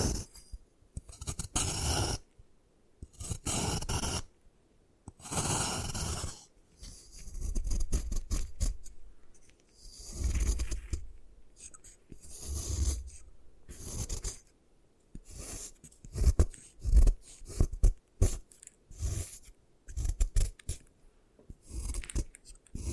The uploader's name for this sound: Satisfying Ways to Destroy Gym Chalk